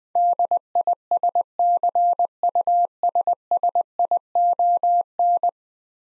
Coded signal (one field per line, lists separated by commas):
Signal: Morse code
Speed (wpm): 21 wpm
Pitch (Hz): 700 Hz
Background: none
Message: DISCUSSION